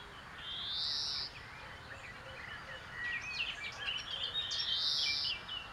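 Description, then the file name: European greenfinch giving a drawn-out, buzzy wheeze twice, with scattered high chirps between and steady background hiss. "Chloris chloris"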